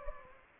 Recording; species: mosquito wingbeat signal from an infrared sensor; Anopheles gambiae